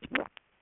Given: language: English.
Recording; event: throat vibration sensor signal played as sound; swallow